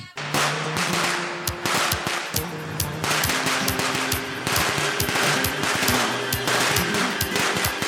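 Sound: firecrackers exploding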